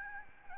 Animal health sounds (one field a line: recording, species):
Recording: mosquito wingbeat signal from an infrared sensor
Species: Aedes albopictus